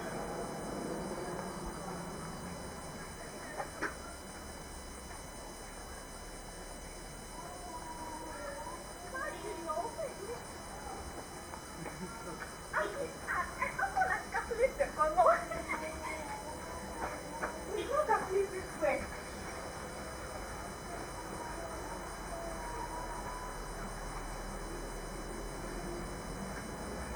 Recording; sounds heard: poultry house recording; background noise or bird activity such as feeding and pecking